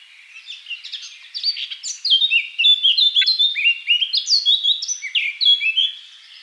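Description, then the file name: Eurasian blackcap song: a rich, fast warble of varied high whistled and chattering notes that grows louder after the first two seconds and runs on continuously. "Sylvia atricapilla"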